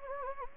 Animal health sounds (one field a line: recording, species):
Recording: mosquito wingbeat signal from an infrared sensor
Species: Anopheles gambiae